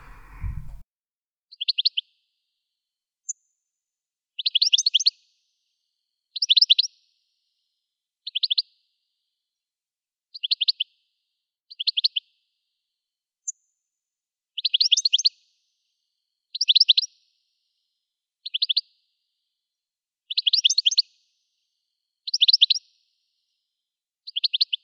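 Birds sing around the school in short, bright bursts of rapid chirps, repeating every second or two against near silence, after a brief low thump.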